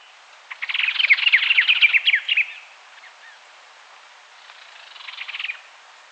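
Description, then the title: White-rumped tanager song: a two-second burst of rapid, squeaky twittering notes, then after a pause a shorter, softer burst of the same chatter. "LuckyPassaro Completos2Sama. White-rumped Tanager (Cypsnagra hirundinacea)"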